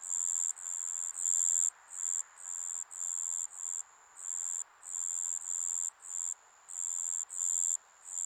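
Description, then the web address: Shrill insect buzzing in rhythmic pulses, mostly under a second each with short gaps, against a quiet hissing background. Summer ambience recorded in Japan. "Sound Effects-Foundation 1 AMBIENCE JAPANESE SUMMER INSECTS"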